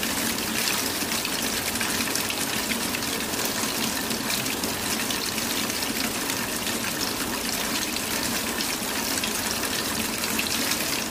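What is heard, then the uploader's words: Steady, dense falling rain hisses evenly throughout, a bright rushing wash with a faint low rumble and no distinct drops standing out. Falling Rain Sounds.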